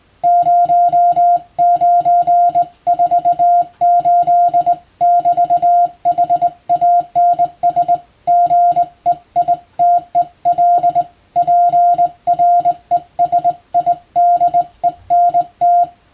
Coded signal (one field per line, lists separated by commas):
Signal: Morse code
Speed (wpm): 20 wpm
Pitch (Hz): 700 Hz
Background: music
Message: 0948<BT>HANS GEITEL PRESIDENT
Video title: 【Radio operator morse practice】This is a Morse code practice video. There is a morse exam in japan.